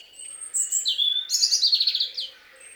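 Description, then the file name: European robin song: a high thin whistle, a sliding clear note, then a fast sparkling trill of rapid notes that fades out. "Erithacus rubecula"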